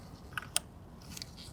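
On an MK7/MK8 2.0T engine, a wire is re-seated fully in an ignition coil connector so its plastic terminal lock tab can be pressed into the connector housing. Two sharp plastic clicks sound at 0.4 s and 0.6 s as the tab snaps in and seats, followed by a couple of fainter ticks near 1.2 s. The lock tab is confirmed seated.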